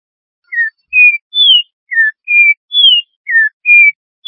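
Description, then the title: Bird song of pure whistled notes in a three-part phrase: a low falling slur, a level middle note, then a higher down-slurred note, looped about three times in silence. "LuckyPassaros CompletosSama"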